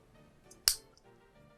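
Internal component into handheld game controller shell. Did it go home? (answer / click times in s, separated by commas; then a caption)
yes / 0.7 s. An internal component is pressed back into the right Nintendo Joy-Con controller shell during a case swap. Faint small ticks come around 0.5 s and 1.0 s, and a single sharp, bright snap lands at 0.7 s. The part seats back into place.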